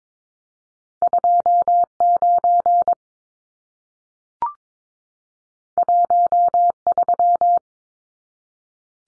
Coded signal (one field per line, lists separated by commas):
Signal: Morse code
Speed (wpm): 22 wpm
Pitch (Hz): 700 Hz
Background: none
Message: 29 13